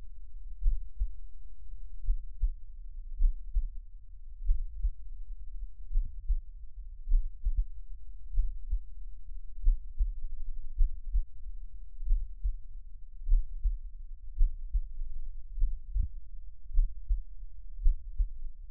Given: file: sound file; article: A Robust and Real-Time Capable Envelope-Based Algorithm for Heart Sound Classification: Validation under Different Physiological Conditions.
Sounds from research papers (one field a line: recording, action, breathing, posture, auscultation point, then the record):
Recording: heart sounds by electronic stethoscope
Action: rest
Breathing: normal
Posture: sitting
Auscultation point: Erb’s point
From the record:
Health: healthy, no known heart disease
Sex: male